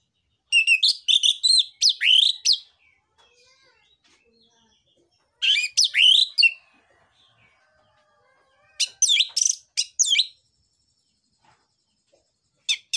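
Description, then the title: Orange-headed thrush giving three dense bursts of varied high chirps and slurred whistles, each lasting a second or two, separated by quiet pauses, with the start of a fourth burst at the very end. Lure and tutoring recording of an energetic singing orange-headed thrush with dense song material, meant for tutoring juvenile orange-headed thrushes. "PANCINGAN Anis Merah Gacor Materi Isian Rapat Cocok Untuk MASTERAN Anis Merah TROTOL"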